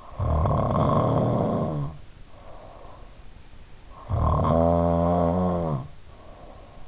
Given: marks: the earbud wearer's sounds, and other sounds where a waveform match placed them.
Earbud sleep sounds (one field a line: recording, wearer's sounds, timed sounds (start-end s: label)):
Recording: sounds in sleep by an in-ear microphone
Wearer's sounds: snoring breath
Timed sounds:
0.08-3.22 s: snoring breath
3.97-6.88 s: snoring breath